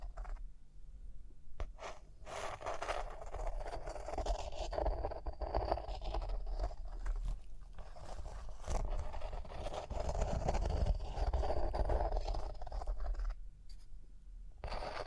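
Rhinestones are scratched and brushed in a dense, continuous rasping texture that swells and eases in waves over the fifteen seconds. Brief sharp clicks and taps cut through now and then, near the start and again around the middle, over a steady low rumble.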